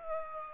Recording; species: mosquito wingbeat signal from an infrared sensor; Aedes aegypti